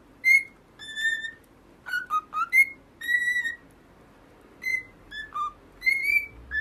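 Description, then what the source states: Cockatiel song of bright whistles, one sustained note, some sliding down, in irregular bursts with short silences. Several cockatiels singing, whistling.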